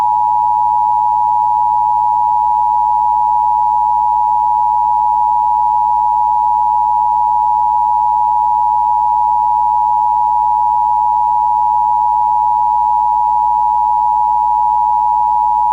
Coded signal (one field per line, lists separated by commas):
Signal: Emergency Alert System (SAME) tones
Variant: 853 and 960 Hz attention tone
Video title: EAS/EBS Scenario - The Sunset Trials